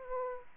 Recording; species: mosquito wingbeat signal from an infrared sensor; Aedes aegypti